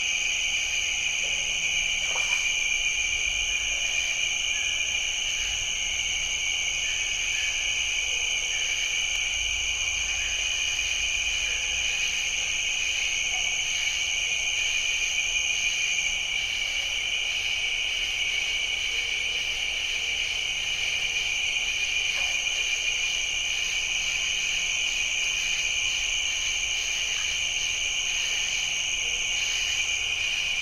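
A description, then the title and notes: A diffuse evening chorus of bird-voiced treefrogs fills a cypress swamp, a steady, dense, high-pitched trilling that never breaks over the whole half-minute. A fainter, higher shimmer rides above it, with a soft low rumble and a few faint clicks underneath. Jessamine Bayou is a seasonally flooded forest in the heart of America's Amazon, the Mobile-Tensaw River Delta. These recordings are taken from overnight "drop rigs" left at the edge of a tributary surrounded cypress swamp and adjacent to a field of saw palmetto. In the evening a diffuse chorus of bird-voiced treefrogs.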